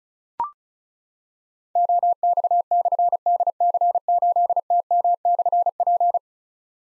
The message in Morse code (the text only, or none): OX/DC8TM/P